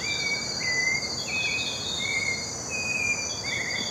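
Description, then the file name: White-necked thrush giving a series of drawn-out whistled notes, the last one buzzy, over a dense high-pitched insect chorus. "Turdus albicollis - White-necked Thrush"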